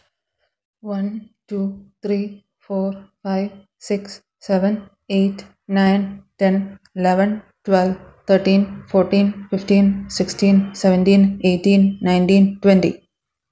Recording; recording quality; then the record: counting at a normal pace; excellent, no background noise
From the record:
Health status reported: healthy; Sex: female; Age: 28 years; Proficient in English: yes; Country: India